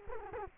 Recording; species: mosquito wingbeat signal from an infrared sensor; Culex quinquefasciatus